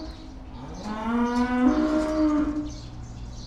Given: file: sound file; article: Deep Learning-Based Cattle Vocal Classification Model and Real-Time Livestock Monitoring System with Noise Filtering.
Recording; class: cattle; estrus call